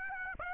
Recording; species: mosquito wingbeat signal from an infrared sensor; Aedes aegypti